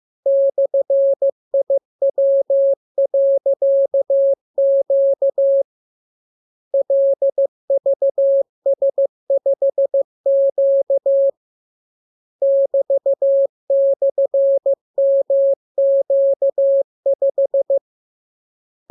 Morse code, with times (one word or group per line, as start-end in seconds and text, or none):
0.3-5.6 /IW.Q
6.7-11.3 LVS5Q
12.4-17.8 <BT>/MQ5